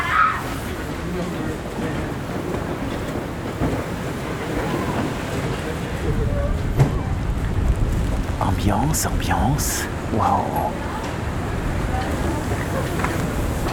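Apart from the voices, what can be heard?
wind blowing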